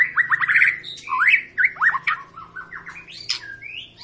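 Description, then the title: White-rumped shama song with quick looping whistles and rolling trills over a low steady hum in the background. Long, energetic lure song of a white-rumped shama, used to prompt other birds to sing. "Pancingan Murai Batu Gacor Panjang"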